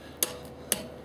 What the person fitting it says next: Hear the click.